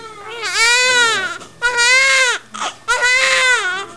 Baby cry.